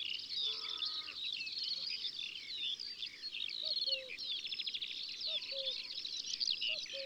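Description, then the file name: Eurasian skylark song, a rich, ceaseless high chatter of trills and chirps over a steady background hiss, joined by occasional low paired notes. In the countryside. "Alouette des champs Chants doiseaux dans la campagne"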